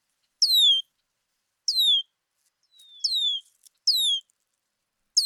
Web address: birdsongforthecurious songs Red-winged Blackbird